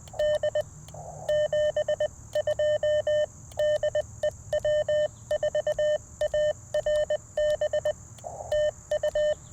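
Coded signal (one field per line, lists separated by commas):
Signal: Morse code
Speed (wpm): 20 wpm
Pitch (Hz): 1800 Hz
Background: none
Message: D 72 DE W4ARB TU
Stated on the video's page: QRP CW Parks on the Air activation with a Xiegu G106, Modern Morse paddles and Chelegance JPC-12 antenna.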